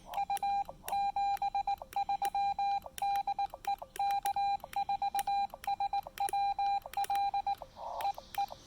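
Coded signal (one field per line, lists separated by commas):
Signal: Morse code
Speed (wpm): 18 wpm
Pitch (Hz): 800 Hz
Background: none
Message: U 73 DE K4SWL E E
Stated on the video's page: Sent during a casual trailside QRP park activation using a Xiegu X5105 with a PackTenna 9:1 unun antenna.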